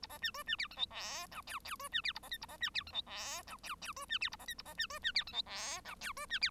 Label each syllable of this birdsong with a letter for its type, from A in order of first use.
A B C D C E F G H I J J D C E A B K A B C E F G H I J J D C E A B K A B C D C E F G H I J D C E